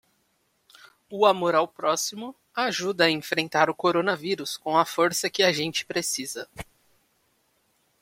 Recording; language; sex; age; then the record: spoken sentence; Brazilian Portuguese; male; 20 to 29 years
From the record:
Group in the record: control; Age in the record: 26 years